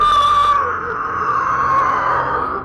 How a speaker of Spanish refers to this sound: Aquel hombre era el hombre lobo del que había hablado el subarrón. El hombre al que había mordido mi padre. Y rugió y aulló sobrecogedoramente.